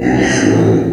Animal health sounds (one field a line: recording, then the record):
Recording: squeal of a Yucatan mini pig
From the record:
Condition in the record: before surgery on the right vocal fold (resection and tissue-engineered implant)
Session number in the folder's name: 3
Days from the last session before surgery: 0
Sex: female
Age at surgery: 19 weeks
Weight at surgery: 25 kg